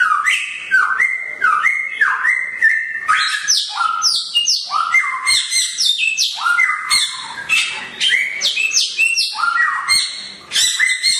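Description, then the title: Songbird singing continuously: rapid strings of clear whistled notes stepping up and down in pitch, mixed with harsher chattering notes, one short pause near the end. Songbird described as singing vigorously (gacor) at high volume. "SAMYONG. GACOR VOLUME TEMBUS Burung Kicau"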